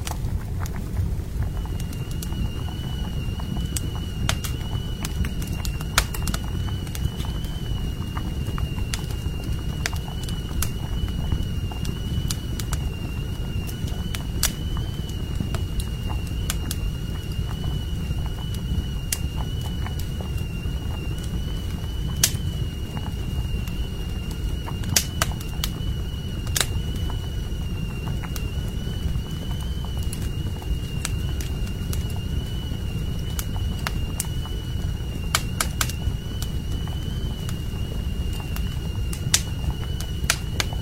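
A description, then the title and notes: Coffee brewing by a fire, with a steady low rumble and a thin, constant high whine running from about two seconds onward. Sharp crackles and pops from the fire break through irregularly, a few every several seconds, clustered around 14, 22, 25 and 35 seconds. Fragrant coffee is brewed by the fire.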